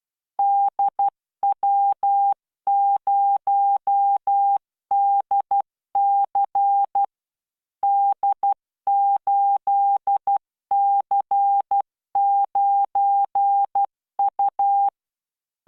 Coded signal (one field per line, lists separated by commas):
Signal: Morse code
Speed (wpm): 12 wpm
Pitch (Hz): 800 Hz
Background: none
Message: DW0DC D8C9U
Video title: tamanのモールス練習動画8（モールス信号 速度12WPM スペース標準）Learn Morse Code